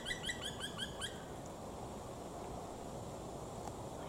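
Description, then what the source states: Black Woodpecker song: a short run of about six ringing, evenly spaced notes lasting about a second, then only faint hiss. Song of a sedentary forest bird that needs many large old trees in its territory; found across Europe to northern Scandinavia and in Japan, absent from the British Isles.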